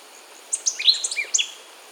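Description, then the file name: White-lored euphonia song, one rapid phrase of high, clear chips and short slurred whistles lasting about a second. Recorded in Peru, in the Amazon. "White-lored Euphonia (Euphonia chrysopasta), Peru"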